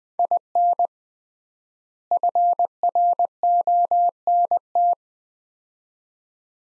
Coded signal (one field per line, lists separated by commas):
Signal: Morse code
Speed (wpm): 21 wpm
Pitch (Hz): 700 Hz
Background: none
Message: IN FRONT